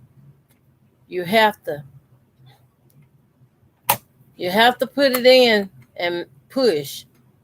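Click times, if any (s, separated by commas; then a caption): none. A bobbin is being handled and pushed toward a sewing machine's bobbin holder while someone talks, with a brief sharp knock at about 3.9 s. The bobbin has not clicked or seated in the holder yet.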